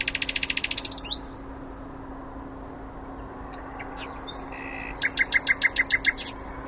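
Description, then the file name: Common nightingale song: a fast buzzy rattle, a long quiet gap with a few soft notes, then a series of loud evenly spaced repeated notes, over a constant low hum. "Luscinia megarhynchos"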